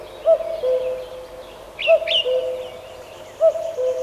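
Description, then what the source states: Common Cuckoo singing its low falling two-note cu-coo three times, with a brief high chirp from another bird between calls. Its famous 'ку-ку' song, in a forest.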